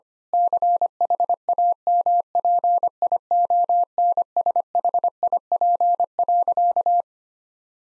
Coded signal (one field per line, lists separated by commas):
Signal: Morse code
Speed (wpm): 25 wpm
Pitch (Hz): 700 Hz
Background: none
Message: CHAMPIONSHIP.